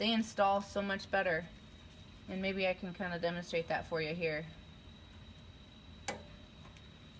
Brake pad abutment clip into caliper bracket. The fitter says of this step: these of course just snap right into place like the other ones do but